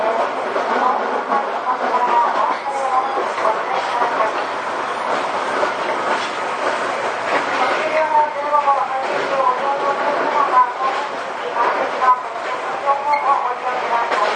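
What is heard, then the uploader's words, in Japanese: A Tobu 10000 series train runs between Asakusa and Kita-Senju, its steady rumble joined by overlapping voices that chatter throughout. Faint pitched squeals and tones rise and fall around eight to eleven seconds and again near thirteen seconds. 東武10000系 浅草ー北千住。浅草→北千住の区間の運転の列車を録音。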